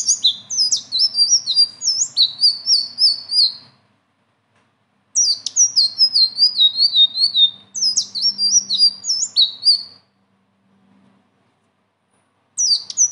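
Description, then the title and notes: Leafbird song in long bursts of rapid high whistled notes separated by pauses, with a faint low hum. Strong continuous song (gacor) with rolling phrases (ngeroll) and fill notes (isian); a training song (masteran). "BURUNG SELENDANG BIRU GACOR NGEROLL ISIAN. masteran"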